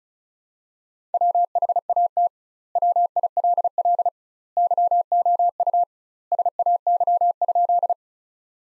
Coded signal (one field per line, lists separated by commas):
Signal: Morse code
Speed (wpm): 34 wpm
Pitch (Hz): 700 Hz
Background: none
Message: WHAT WILL YOU SAY?